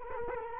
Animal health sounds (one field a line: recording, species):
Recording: mosquito wingbeat signal from an infrared sensor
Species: Culex quinquefasciatus